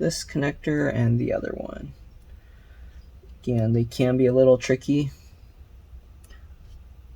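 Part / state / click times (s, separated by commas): display flex connector into phone logic board socket / not seated / none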